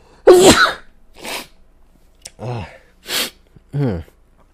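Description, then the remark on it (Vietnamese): A voice acts out a sneeze: a sharp, loud, breathy burst followed by several shorter hissing puffs and strained, rising "ah" sounds, spaced out as if a sneeze keeps building. “Mẹ nó buồn hắt hơi mà không hắt ơi.”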